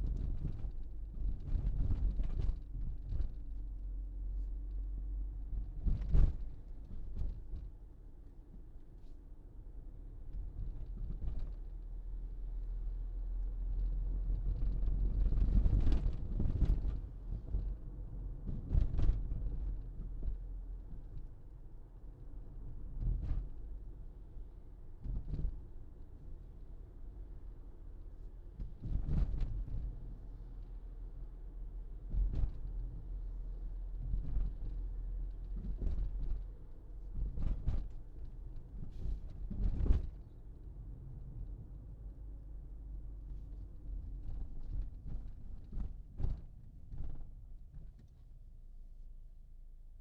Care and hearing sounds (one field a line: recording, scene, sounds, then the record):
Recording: everyday scene through a hearing-aid microphone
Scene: in a vehicle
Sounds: engine, rumble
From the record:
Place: Berlingo II, diesel engine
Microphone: in the ear canal, left